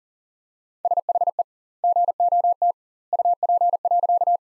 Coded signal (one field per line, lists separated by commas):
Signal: Morse code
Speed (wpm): 37 wpm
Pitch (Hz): 700 Hz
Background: none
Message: SHE GOT UP.